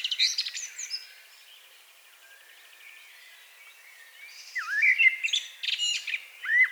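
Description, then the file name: Common blackbird song: a twittering phrase at the start, a quiet pause, then a long stretch of slurred, warbling notes and chatter. "Turdus merula"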